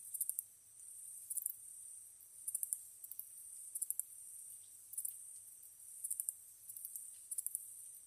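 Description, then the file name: Katydid song: short, high bursts of a few quick ticks at irregular intervals, over a faint continuous hiss. Recorded 15 August 2010 at 22:07. "ezotuyumusi 20100815-2207"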